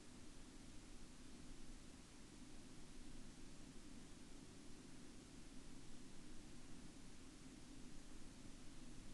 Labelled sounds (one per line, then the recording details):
aircraft
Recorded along the Dempster Highway, Canada, on 22 October 2020 at 02:42
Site 25